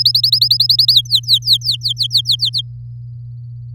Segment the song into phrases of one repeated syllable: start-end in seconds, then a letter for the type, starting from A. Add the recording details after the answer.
0.00-0.93 A, 0.94-2.36 B, 2.39-2.62 C. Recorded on 4 May 2018 at 06:08. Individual llb16